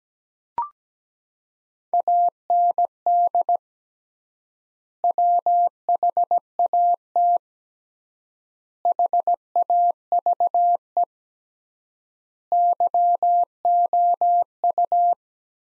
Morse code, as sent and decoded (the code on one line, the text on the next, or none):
.- -. -.. / .-- .... .- - / .... .- ...- . / -.-- --- ..-
AND WHAT HAVE YOU